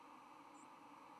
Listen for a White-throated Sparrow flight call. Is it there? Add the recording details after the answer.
no. Another species' flight call is heard. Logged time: 04:22 on 10 November 2014